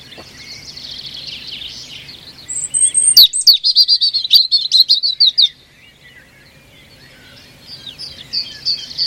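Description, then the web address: European robin song: a soft high warble, then a loud burst of thin whistles and fast sparkling trilled notes, followed by quieter warbling. "cianscape birddata Deverinetal 2025 File origin Bird Only Er Ru Er Ru"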